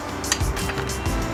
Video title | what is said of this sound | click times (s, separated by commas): Subaru Engine Install | I will do a little click like that and that's how we know we're at 12 just | 0.3 s